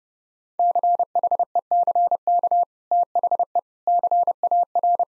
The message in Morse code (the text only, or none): CHECK THE CAR